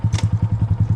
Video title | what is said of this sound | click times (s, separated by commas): HOW TO WHEELIE TUTORIAL‼️ | click down that's first gear you hear it click that's first gear | 0.2 s